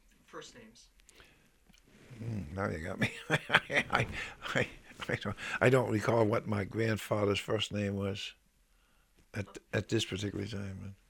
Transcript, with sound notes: First names.
Now you got me. (he laughs) I don't recall what my grandfather's first name was at this particular time.